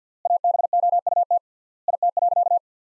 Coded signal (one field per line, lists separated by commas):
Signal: Morse code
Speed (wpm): 50 wpm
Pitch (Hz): 700 Hz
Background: none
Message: ABOUT IT.